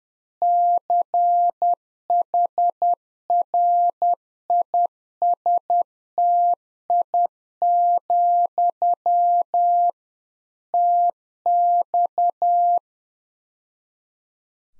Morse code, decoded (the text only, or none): CHRISTI, TX